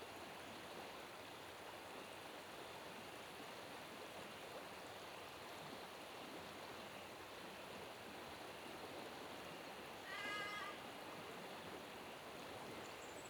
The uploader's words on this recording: This is the Gungarlin River in the NSW Snowy Mountains, recorded on a crisp early spring night. This recording was made with a Sennheiser 3D Ambeo headset, with a little HPF and gain in post. Night-time by a River During Spring Snow Melt.